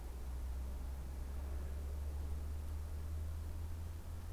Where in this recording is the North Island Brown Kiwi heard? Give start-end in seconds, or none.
none